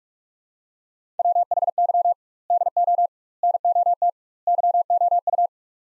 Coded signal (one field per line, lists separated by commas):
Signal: Morse code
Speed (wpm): 47 wpm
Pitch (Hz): 700 Hz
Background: none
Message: WHY DO NOT YOU